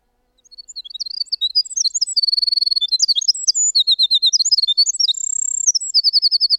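Winter wren song: an extended rush of high, tinkling twitters interspersed with dry trills, after a soft start.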